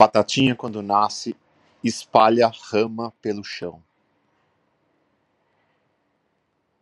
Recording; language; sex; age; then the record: short text; Brazilian Portuguese; male; 40 to 49 years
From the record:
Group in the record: control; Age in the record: 48 years